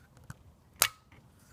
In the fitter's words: pop into place now like I said